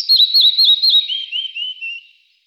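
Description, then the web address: Red-breasted flycatcher song fragment: wavering high whistled notes that step down in pitch and fade out within two seconds. "IVN Zangvogels Kleine vliegenvanger"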